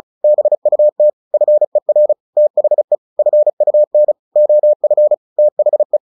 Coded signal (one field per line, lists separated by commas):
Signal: Morse code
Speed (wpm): 36 wpm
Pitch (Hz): 600 Hz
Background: none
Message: BUT FER THE FUN OF THE